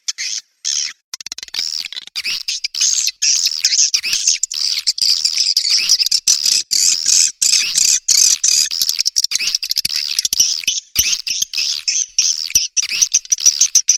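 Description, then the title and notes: Swiftlet twittering calls, a dense high-pitched chirping that runs almost without pause, with rapid overlapping chips and brief gaps. Swiftlet sound from Asia, used in swiftlet farming to attract birds. "Swiflet Bird Sound. Farming Swiflet Bird asia sound"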